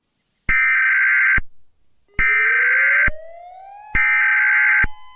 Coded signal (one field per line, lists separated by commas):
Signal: Emergency Alert System (SAME) tones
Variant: header bursts